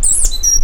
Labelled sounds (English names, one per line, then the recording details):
Stitchbird song
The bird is a male
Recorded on Tiritiri Matangi Island, New Zealand, in 2005
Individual 2, of nest box 2